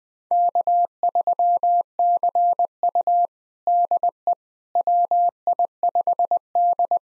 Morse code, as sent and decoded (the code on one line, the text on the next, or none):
-.- ...-- -.-. ..- / -.. . / .-- .. ..... -..
K3CU DE WI5D